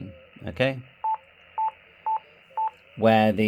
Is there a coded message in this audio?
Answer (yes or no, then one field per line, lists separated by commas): no